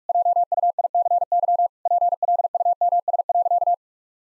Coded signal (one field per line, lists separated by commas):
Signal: Morse code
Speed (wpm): 46 wpm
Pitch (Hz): 700 Hz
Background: none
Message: JUICY PLUMS.